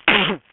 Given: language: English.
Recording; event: throat vibration sensor signal played as sound; cough